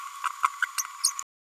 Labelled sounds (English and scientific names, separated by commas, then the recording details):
Green-rumped Parrotlet (Forpus passerinus) babbling
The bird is a female
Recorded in a nest box in Venezuela
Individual 17B102A5